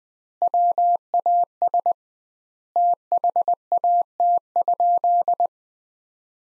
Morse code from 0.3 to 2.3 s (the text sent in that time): WAS